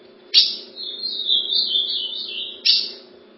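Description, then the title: Ultramarine grosbeak song, a sweet warbling whistle rising and falling for about two seconds, bracketed by two sharp clicks over a low hum. "Azulao"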